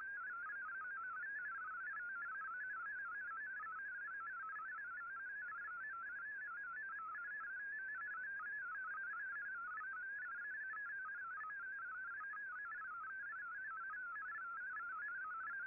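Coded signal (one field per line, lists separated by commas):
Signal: multi-tone FSK (Olivia or MFSK type)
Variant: MFSK32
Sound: continuous rapid warbling single tone hopping between many pitches near 1.5 kHz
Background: radio static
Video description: Here is my decode of the Shortwave Radiogram broadcast today on 15770Khz shortwave radio at 1300UTC in MFSK32 and 64 with 9 SSTV images.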